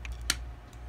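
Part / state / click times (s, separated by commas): plastic adapter piece into a tablet mount holder frame / seated / 0.3 s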